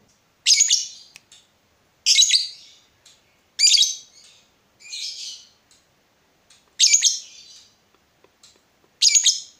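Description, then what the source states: Yellow-vented bulbul giving several short harsh, scratchy chatter bursts with quiet gaps between. Used as a bird lure (pikat).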